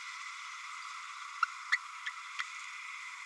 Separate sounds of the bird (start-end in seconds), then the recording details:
1.42-1.45, 1.71-1.77, 2.06-2.10, 2.38-2.43. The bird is a female. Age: 29 days. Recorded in a nest box in Venezuela. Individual 17B32A7